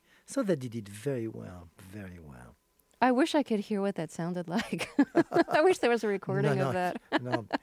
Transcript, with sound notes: So they did it very well - very well.
I wish I could hear what that sounded like.
(LAUGHTER)
I wish there was a recording of that.